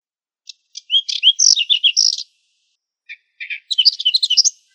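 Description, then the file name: Whinchat song: two short scratchy phrases of quick varied chirps and trills, separated by a pause of about a second. "chekan lugovojj"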